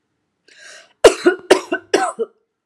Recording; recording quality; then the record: heavy voluntary cough; excellent, no background noise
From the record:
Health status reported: healthy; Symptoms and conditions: asthma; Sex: female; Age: 40 years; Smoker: not ticked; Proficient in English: yes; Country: India